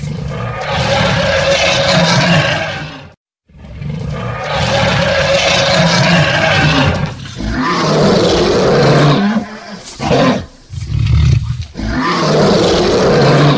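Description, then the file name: Lion producing long, booming roars with one sharp silent gap, then shorter grunting roars toward the end. "Tieng gam cua su tu"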